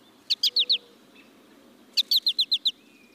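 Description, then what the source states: American Goldfinch flight calls: two bursts of short, sharp, high chips, four notes then six, over a quiet background. Male giving a contact call in flight to let the flock know he is still with the group.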